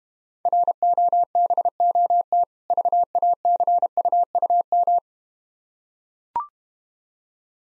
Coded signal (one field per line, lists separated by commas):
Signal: Morse code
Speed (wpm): 32 wpm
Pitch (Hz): 700 Hz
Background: none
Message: ROBOT VACUUM